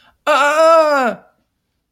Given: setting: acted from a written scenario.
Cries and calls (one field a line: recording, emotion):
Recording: vocal sound without words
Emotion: distress